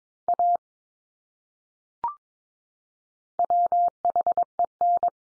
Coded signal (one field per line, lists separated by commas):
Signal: Morse code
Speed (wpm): 22 wpm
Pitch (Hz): 700 Hz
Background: none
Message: A WHEN